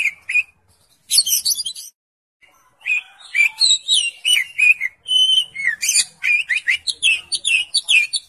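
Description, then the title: Oriental magpie-robin song opening with a few whistles and a chattering burst, then a quiet pause, followed by a lively stream of clear whistled and slurred phrases. "Kacer"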